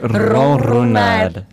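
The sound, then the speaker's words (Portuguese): A voice imitates a cat's purr, likened to struggling with Portuguese R sounds, with a sustained, low, buzzing hum that holds steady for more than a second, then trails off. “O que é que o gato está a fazer? Ronronar.”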